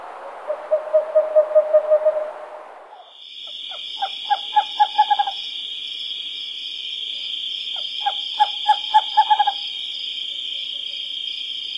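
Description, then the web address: Western screech-owl giving low hollow hoots that quicken like a bouncing ball, three series in all, the later two under a constant shrill high drone. Recorded in North America. "Songs of Birds of North America Stokes. Western Screech-Owl"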